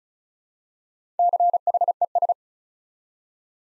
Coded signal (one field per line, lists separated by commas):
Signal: Morse code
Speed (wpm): 36 wpm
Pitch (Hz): 700 Hz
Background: none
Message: CHES